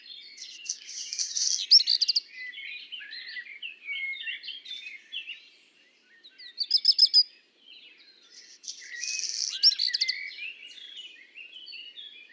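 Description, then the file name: Black redstart repeating its song several times, with harsh crackling rushes and rapid high notes. At Le Puech on 5 June 2021. "chant de rougequeue noir de merle noir Le Puech"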